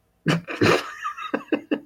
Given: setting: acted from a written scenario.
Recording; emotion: vocal sound without words; amusement